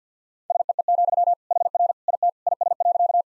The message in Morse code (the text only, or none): SEE, HR IT IS.